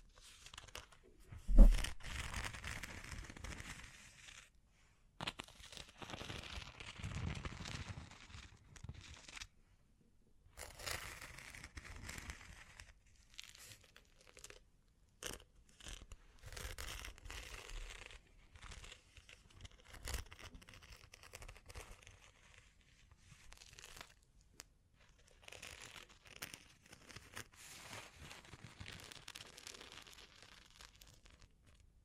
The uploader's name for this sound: Bling Bling Triggers